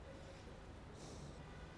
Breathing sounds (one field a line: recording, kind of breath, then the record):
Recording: one breath in and out by a microphone near the nose and mouth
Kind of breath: normal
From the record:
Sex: male